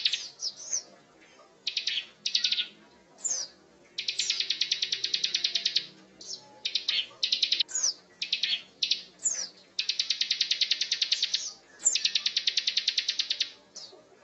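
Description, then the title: Prinia song with extended buzzy trills, several lasting one to three seconds, interspersed with high sharp whistled notes and chips. Known locally as ciblek gunung; a masteran recording, used to train songbirds, of an energetic, persistently singing bird. "Burung Ciblek Gunung Masteran Gacor Kicau Mania"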